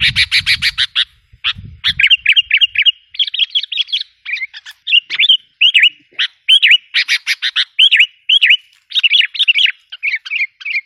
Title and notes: Kicau Burung Kutilang